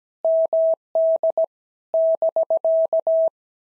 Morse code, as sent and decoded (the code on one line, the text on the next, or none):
-- -.. / -...-.-
MD <BK>